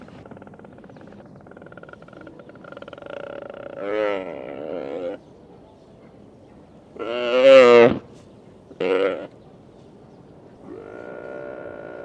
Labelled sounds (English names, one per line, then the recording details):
Mule Deer
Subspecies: hemionus
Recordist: Tembrock, Günter